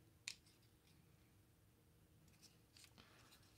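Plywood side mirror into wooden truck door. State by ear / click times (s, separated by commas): not seated / none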